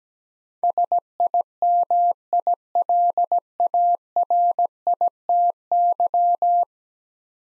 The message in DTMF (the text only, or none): none